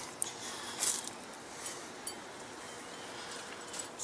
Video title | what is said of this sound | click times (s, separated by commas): EZ Snap Exterior RV Window Shade Review and Demos | they simply snap in place like that so | 0.2 s